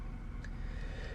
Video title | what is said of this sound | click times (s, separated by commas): iPhone screen replacement iPhone 6s Plus iPhone 6 Plus iPhone 6s iPhone 6 | here you can tell I took that proximity sensor and I put it in flush and you kind of hear a little snap when it goes in now | 0.4 s